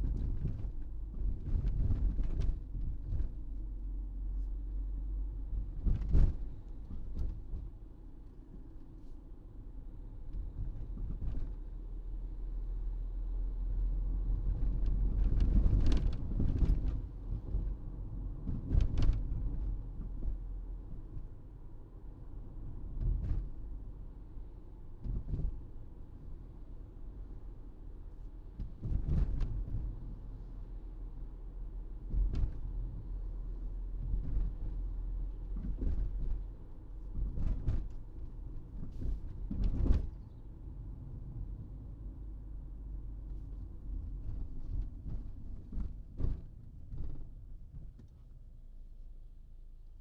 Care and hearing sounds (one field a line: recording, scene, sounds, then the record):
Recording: everyday scene through a hearing-aid microphone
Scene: in a vehicle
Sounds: engine, rumble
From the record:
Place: Berlingo II, diesel engine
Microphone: in the ear canal, right